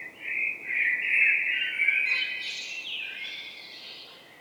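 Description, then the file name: Common blackbird giving a long, continuous fluted warble that climbs into a rapid, high, scratchy twitter before trailing off. "Turdus merula"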